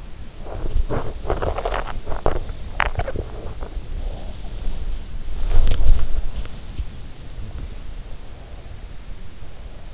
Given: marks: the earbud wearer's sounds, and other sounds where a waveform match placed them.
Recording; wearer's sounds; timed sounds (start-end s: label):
sounds in sleep by an in-ear microphone; body movement, teeth grinding
0.00-6.75 s: body movement
1.26-3.24 s: teeth grinding